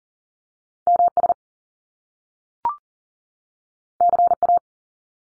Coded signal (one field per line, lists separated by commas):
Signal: Morse code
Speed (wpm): 43 wpm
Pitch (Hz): 700 Hz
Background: none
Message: MS CA